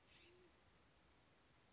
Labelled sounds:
Band-tailed Pigeon (Patagioenas fasciata)
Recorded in Sonoma County, California

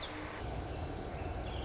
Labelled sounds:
Lazuli Bunting (Passerina amoena)
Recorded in Sonoma County, California

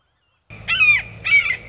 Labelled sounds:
Red-shouldered Hawk (Buteo lineatus)
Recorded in Sonoma County, California

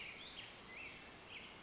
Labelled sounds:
Black-headed Grosbeak (Pheucticus melanocephalus)
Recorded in Sonoma County, California

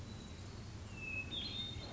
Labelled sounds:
Hermit Thrush (Catharus guttatus)
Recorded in Sonoma County, California

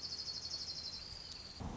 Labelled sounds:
Orange-crowned Warbler (Leiothlypis celata)
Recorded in Sonoma County, California

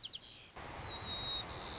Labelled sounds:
White-crowned Sparrow (Zonotrichia leucophrys)
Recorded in Sonoma County, California

